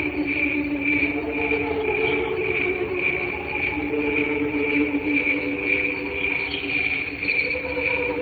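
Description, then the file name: Cricket chirping steadily, high pulsing notes repeated about twice a second, with low wavering hum-like tones underneath throughout. "canto grilli"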